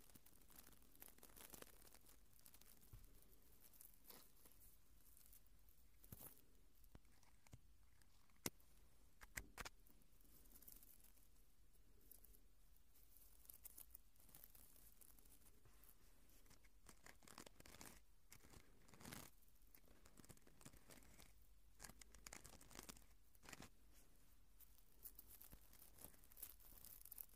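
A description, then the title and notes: Ear cleaning produces dense, scratchy crackling and rustling throughout, with frequent brief bright crinkles and a sharp click near nine seconds. Naturally Cleaning Your Ears.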